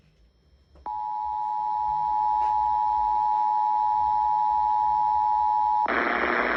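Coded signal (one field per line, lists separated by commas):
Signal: Emergency Alert System (SAME) tones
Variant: 853 and 960 Hz attention tone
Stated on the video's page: Required Weekly Test from a broadcast radio station.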